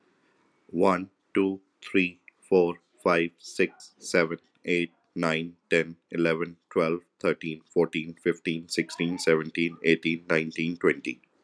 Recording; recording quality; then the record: counting at a normal pace; excellent, no background noise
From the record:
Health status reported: healthy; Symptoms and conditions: hypertension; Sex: male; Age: 48 years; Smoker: not ticked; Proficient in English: yes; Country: India